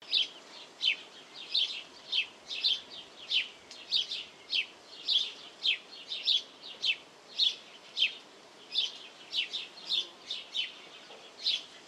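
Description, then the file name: House sparrow chirping steadily, quick sharp notes repeated almost twice a second, slightly uneven in rhythm. "Passer domesticus"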